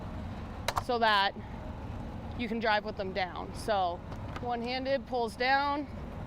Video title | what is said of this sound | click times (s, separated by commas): 2020 Logan Coach Warmblood | and then these do pop into place | 0.7 s